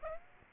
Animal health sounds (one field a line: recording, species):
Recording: mosquito wingbeat signal from an infrared sensor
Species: Aedes aegypti